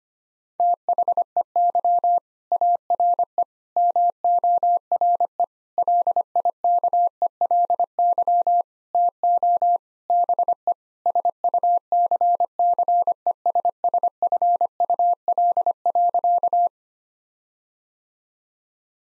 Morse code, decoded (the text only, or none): THEY ARE MORE LIKELY TO BE SUCCESSFUL.